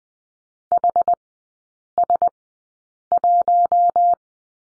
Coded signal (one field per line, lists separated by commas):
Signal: Morse code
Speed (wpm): 20 wpm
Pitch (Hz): 700 Hz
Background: none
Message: HS1